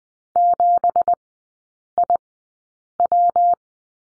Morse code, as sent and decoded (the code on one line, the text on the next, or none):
--... .. .--
7IW